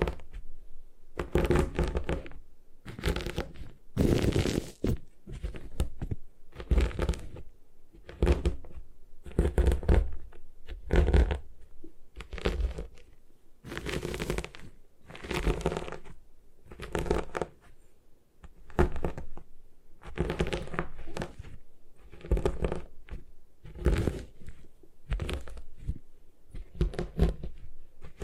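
Gym chalk being crushed and broken in irregular bursts of dry crunching and scraping, with short pauses between, continuing throughout.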